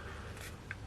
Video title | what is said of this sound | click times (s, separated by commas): NECA Back To The Future Accessory Set Einstein Plutonium Marty McFly Doc Brown Action Figure Review | almost like you got to kind of get it over the hump and it's got so it sort of locks into place | 0.7 s